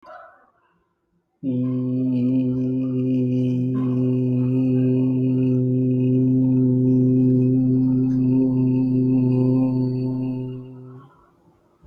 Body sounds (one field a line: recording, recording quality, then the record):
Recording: sustained vowel as in beet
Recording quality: excellent, no background noise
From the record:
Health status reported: healthy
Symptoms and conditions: none ticked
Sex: male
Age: 30 years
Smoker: not ticked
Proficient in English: yes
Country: India